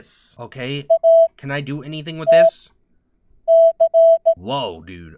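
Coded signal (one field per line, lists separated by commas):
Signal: Morse code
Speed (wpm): 16 wpm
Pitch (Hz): 660 Hz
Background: speech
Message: ATC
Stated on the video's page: Heard in an indie horror game imitating late-80s software.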